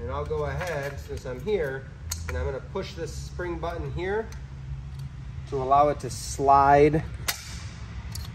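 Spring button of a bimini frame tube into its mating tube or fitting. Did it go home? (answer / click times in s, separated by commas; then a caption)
yes / 8.2 s. Someone talks while pressing the spring push-button on a pontoon bimini top frame tube so the tube can slide into its mating tube or fitting. A sharp tap sounds near 7.3 seconds, and the button clicks into place at 8.2 seconds, seating the tube.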